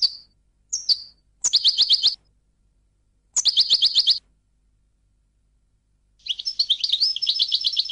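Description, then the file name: European goldfinch with short high calls and buzzy trilled bursts, finishing with a longer rapid twittering phrase. "audio burung goldfinch"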